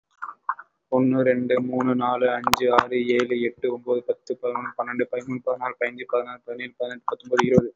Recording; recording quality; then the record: counting at a normal pace; excellent, no background noise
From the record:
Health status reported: healthy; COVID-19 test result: not tested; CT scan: not taken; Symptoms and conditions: none ticked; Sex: male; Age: 25 years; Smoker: yes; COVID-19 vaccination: one dose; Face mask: worn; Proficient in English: yes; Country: India